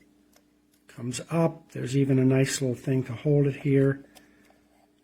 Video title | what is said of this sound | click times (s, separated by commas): Review KIDMARKT Metal RC Wheel Loader Toy - 9-Channel Remote Control Construction Truck with Realist | like so, but it doesn't latch in place that I can tell. | none